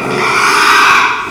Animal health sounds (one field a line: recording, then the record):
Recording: squeal of a Yucatan mini pig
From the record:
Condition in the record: after surgery on the right vocal fold (resection and tissue-engineered implant)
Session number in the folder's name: 1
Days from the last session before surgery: 6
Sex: male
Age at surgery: 12 weeks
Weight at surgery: 13 kg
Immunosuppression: cyclosporine, prednisolone